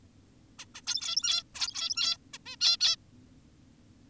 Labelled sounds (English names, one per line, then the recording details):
Zebra Finch
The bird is an adult
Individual g17y2U